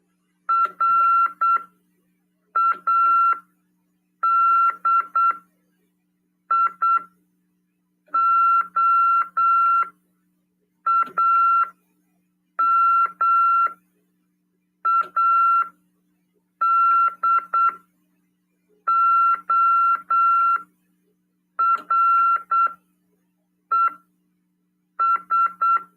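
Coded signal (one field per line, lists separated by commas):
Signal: Morse code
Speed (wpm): 8 wpm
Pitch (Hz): 1360 Hz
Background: none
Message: RADIOAMADORES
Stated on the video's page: Amateur radio lesson on CW, broadcast on FM 146.410 MHz.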